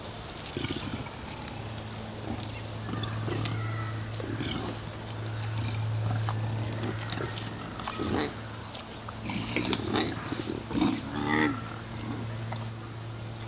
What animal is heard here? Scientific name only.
Pecari tajacu